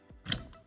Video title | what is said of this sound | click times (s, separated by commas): Rain-X Water Repellent Wipers: Worth Buying? (Real Rain Test + Install) | That's when you hear that click, it's in there. | 0.3 s